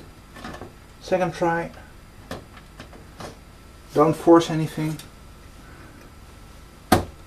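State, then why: Seated. On a second try, after the first attempt did not seat it properly, a PCI expansion card with a metal bracket is pushed into a motherboard slot while someone talks. A few faint taps come at about 2.3, 2.8 and 3.2 seconds, then a sharp, loud click at 6.9 s as the card goes home and seats in the slot.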